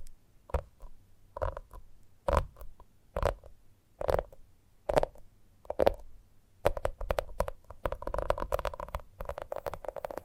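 Gentle tapping in short, sharp knocks with a hollow, woody ring, spaced about a second apart for the first six seconds. After that the taps come faster and closer together in quick clusters, with a soft rustle between them and a faint low hum underneath.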